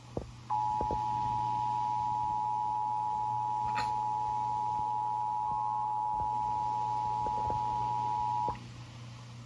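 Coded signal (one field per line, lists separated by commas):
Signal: Emergency Alert System (SAME) tones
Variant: 853 and 960 Hz attention tone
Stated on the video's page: North Carolina required monthly test aired on a TV station.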